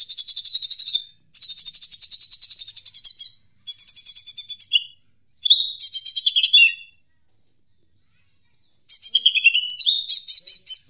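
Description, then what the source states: Leafbird singing fast, pulsed high trills in separate phrases, a few dropping lower at the end, with a long silent gap before a final rising run. Indonesian masteran training recording for cage birds, ijo mini type.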